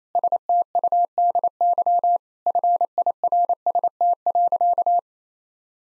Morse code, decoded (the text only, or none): STUDY FIRST.